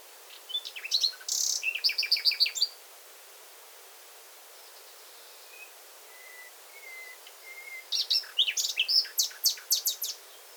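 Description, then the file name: Common nightingale song: a rapid stuttering phrase of repeated notes, a pause with soft faint whistles, then another fast, varied burst of chips. "Luscinia megarhynchos"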